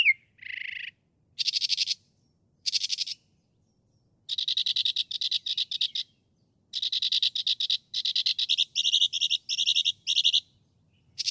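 Northern mockingbird singing rough, buzzy bursts, each repeated in short groups, with brief pauses between the phrase types.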